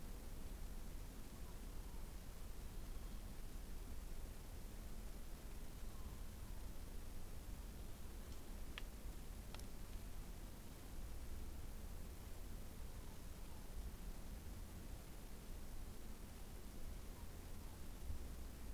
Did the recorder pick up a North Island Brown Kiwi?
no